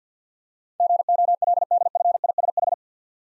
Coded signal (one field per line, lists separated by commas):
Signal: Morse code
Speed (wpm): 47 wpm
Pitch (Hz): 700 Hz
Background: none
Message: GOLDFISH